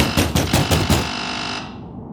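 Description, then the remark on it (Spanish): A quick burst of about five heavy pounding thuds of fists on a door, loud and evenly spaced, while a doorbell is rung repeatedly and its tone lingers and fades for a moment after the knocking stops. “Enfurecido por aquel tremendo desplante, llamo al timbre repetidamente y golpeo la puerta con los puños.”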